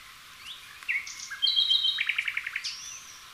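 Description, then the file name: Common nightingale song: a rising whistle, long pure notes, then a fast run of rapid pulsed notes and a closing whistle. "Luscinia megarhynchos"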